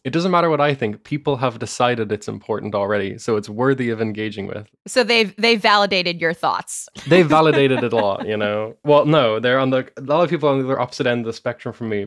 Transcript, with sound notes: it doesn’t matter what I think, people have decided it’s important already. So it’s worthy of engaging with.
So they’ve… They’ve validated your thoughts.
[laughter] They’ve validated it a lot, you know? Well, no, they’re on the… A lot of people are on their opposite end of the spectrum for me.